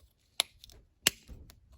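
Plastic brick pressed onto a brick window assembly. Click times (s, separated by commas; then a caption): 0.4 s, 1.1 s. A plastic building brick from a Lego Star Wars set is pressed by hand onto a brick window assembly. Two sharp plastic snaps ring out at 0.4 s and 1.1 s, with softer clicks and handling noise between and after them. The bricks snap into place and the window piece is seated.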